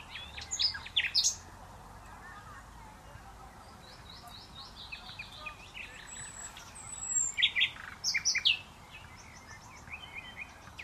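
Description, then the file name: Common nightingale song: bursts of varied, loud whistled and rattling phrases high in pitch, with short pauses between. "Luscinia megarhynchos"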